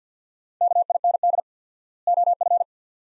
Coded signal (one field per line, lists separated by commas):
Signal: Morse code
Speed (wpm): 50 wpm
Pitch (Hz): 700 Hz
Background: none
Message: KIND OF